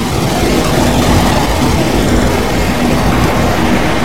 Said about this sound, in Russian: Машина для чистки льда движется по катку.